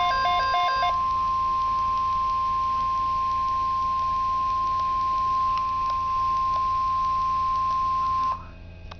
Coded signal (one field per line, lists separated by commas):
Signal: Emergency Alert System (SAME) tones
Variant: 1050 Hz attention tone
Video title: Real NOAA Weather Radio EAS Alerts #49 and #50